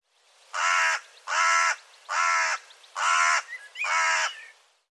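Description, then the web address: Bird calls: five rough, raspy caws at a steady rhythm, with a few faint thin whistled notes slipping in near the end. "cianscape birddata Deverinetal"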